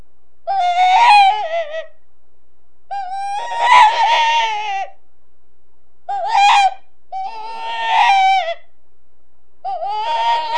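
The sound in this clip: Rabbit screams: five harsh, wavering, high-pitched wails with rich overtones, mostly one to two seconds long, with uneven gaps between.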